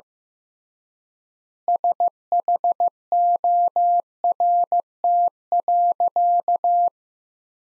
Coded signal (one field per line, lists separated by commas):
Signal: Morse code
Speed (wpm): 15 wpm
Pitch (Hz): 700 Hz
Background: none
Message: SHORT.